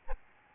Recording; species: mosquito wingbeat signal from an infrared sensor; Aedes albopictus